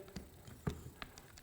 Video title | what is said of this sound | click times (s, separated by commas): Makita 40V XGT Brushless 5" Variable Speed Paddle Switch Angle Grinder Review with Electric Brake | Same place, pops back in. | 1.0 s